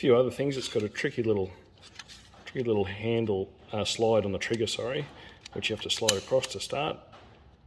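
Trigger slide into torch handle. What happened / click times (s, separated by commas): The trigger slide is handled but not yet clicked home / none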